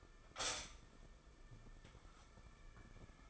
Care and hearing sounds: daily activity, microphone in the room; stop toaster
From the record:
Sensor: 5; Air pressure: 994.6 hPa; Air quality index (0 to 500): 184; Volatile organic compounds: 1000 ppm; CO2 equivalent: 5399 ppm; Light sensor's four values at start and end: 31/103/39/41 and 31/103/39/41

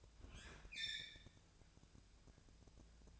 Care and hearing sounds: daily activity, microphone in the room; open fridge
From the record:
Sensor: 2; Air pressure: 999.8 hPa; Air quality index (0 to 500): 122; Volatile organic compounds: 2 ppm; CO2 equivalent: 1050 ppm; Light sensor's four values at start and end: 26/65/28/31 and 26/65/28/31

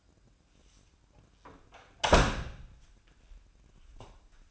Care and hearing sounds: daily activity, microphone in the room; close door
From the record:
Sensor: 2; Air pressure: 1012.2 hPa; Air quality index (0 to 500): 158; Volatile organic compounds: 2 ppm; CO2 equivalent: 1155 ppm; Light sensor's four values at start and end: 392/983/399/418 and 399/1001/407/427

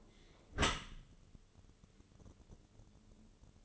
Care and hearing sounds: daily activity, microphone in the room; close dishwasher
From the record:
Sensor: 4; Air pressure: 1015.9 hPa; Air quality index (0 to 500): 105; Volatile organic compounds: 2 ppm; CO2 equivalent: 1181 ppm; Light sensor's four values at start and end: 8/18/7/7 and 8/18/7/7

